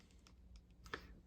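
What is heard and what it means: On a single-action pistol, the hammer is drawn back to the quarter-cock position and the cylinder stop (bolt) snaps up into the cylinder notch, giving a sharp metallic click at 0.9 s after a few fainter ticks. This second click shows the stop has seated and locked the cylinder so it cannot rotate.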